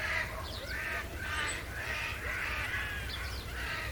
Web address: vogelstimmen eichelhaeher ruf nabu lars lachmann